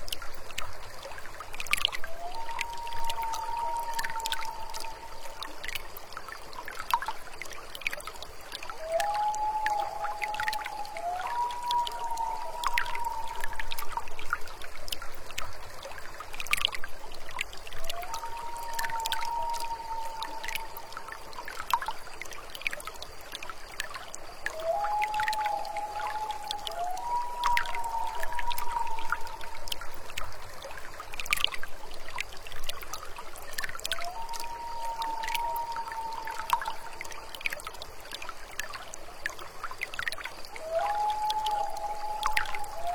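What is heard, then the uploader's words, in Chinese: A nightjar calls beside a clear stream at night, giving short, rising tonal notes, often in pairs, every few seconds throughout. The stream's steady trickle and splashing fill the background evenly, with small drips and ticks scattered across it. 清溪、明月、夜鹰。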